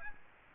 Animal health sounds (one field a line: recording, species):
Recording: mosquito wingbeat signal from an infrared sensor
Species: Aedes aegypti